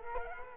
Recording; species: mosquito wingbeat signal from an infrared sensor; Culex quinquefasciatus